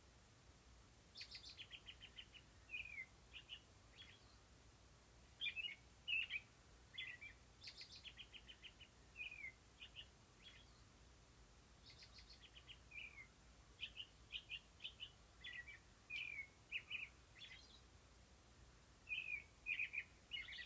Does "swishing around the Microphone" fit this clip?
no